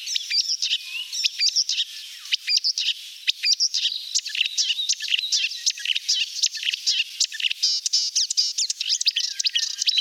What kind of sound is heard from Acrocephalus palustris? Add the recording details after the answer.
song. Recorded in the wild. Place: Gottenheim / Freiburg im Breisgau, Baden-Württemberg, DE. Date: 1989-06-10. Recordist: Schwarz, Dieter